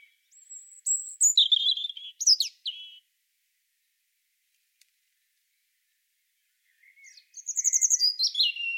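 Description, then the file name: European robin with bright song phrases: sliding whistles and rapid high twitters at the start, a quiet gap, then another quick trilling phrase. "Erithacus rubecula"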